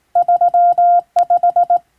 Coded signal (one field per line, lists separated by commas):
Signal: Morse code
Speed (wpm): 20 wpm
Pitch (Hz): 700 Hz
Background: none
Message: 35